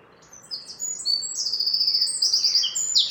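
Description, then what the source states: Birds singing, starting after a quiet moment with long high trilled notes and buzzy phrases building into a dense chorus. Birds recorded in the morning.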